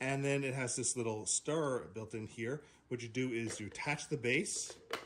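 Someone talks while attaching the battery-powered motorized stirrer base to the bottom of a plastic protein shaker bottle. The clip ends just before the base locks into the bottle body, so nothing has seated or clicked yet.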